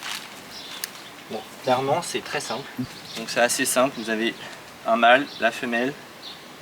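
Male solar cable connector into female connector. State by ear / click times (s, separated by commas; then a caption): not seated / none. A male solar panel cable connector is handled next to its female connector while someone talks over faint background noise, with one brief sharp tap at about 0.8 s. Nothing has seated or clicked yet; the connectors are not joined by the end.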